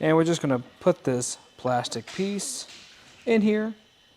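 A plastic insert is being placed into a Yakima HD crossbar roof rack tower during installation on a 2023 Cadillac XT5, and nothing has seated or clicked yet. Someone talks throughout, with only faint handling underneath and no snap.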